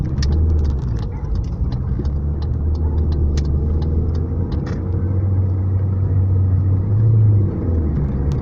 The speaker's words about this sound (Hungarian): Ez egy kamion.